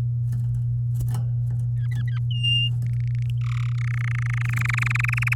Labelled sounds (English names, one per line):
Domestic Canary song